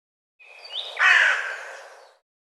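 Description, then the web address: Bird gives a single harsh call, a thin rising note breaking into a loud, raspy, drawn-out squawk that fades away. "cianscape birddata Deverinetal 2025"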